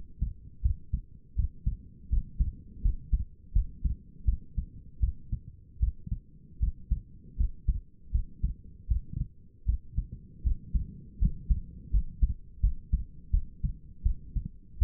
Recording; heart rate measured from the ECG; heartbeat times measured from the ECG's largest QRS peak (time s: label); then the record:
heart sounds by stethoscope; 80 bpm
0.62 s: heartbeat
1.36 s: heartbeat
2.10 s: heartbeat
2.82 s: heartbeat
3.53 s: heartbeat
4.25 s: heartbeat
5.00 s: heartbeat
5.80 s: heartbeat
6.60 s: heartbeat
7.37 s: heartbeat
8.12 s: heartbeat
8.88 s: heartbeat
9.66 s: heartbeat
10.43 s: heartbeat
11.19 s: heartbeat
11.91 s: heartbeat
12.61 s: heartbeat
13.31 s: heartbeat
14.03 s: heartbeat
14.79 s: heartbeat
From the record:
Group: healthy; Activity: cold pressor test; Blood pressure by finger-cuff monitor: 141/92 mmHg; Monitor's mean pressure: 106 mmHg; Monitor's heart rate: 81 bpm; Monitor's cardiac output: 5.7 L/min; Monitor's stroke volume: 71 mL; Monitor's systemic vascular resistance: 1380 dyn s/cm5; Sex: female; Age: 37 years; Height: 168 cm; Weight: 70 kg